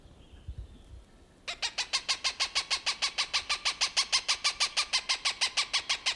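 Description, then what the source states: Cooper's hawk giving a harsh, rapid cackling series of evenly spaced notes, beginning after a quiet second and a half and continuing steadily to the end. Recorded on June 21, 1995.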